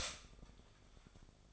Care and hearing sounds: daily activity, microphone in the room; stop toaster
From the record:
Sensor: 5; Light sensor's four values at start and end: 33/108/40/40 and 33/108/40/40

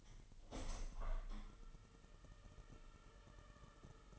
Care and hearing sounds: daily activity, microphone in the room; open window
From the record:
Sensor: 4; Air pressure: 1000.8 hPa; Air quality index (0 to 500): 243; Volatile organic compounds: 40 ppm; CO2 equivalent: 3152 ppm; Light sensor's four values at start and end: 9/20/8/7 and 9/20/8/8

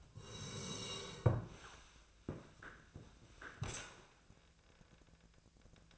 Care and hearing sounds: daily activity, microphone in the room; sit down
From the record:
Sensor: 2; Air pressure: 1000.4 hPa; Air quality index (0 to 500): 158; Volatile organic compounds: 3 ppm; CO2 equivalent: 1319 ppm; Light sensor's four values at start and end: 10/21/10/10 and 9/22/9/10

